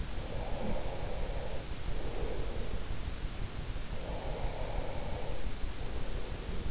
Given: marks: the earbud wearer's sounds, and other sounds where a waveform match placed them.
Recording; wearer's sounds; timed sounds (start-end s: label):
sounds in sleep by an in-ear microphone; breath
0.15-2.48 s: breath
3.90-6.71 s: breath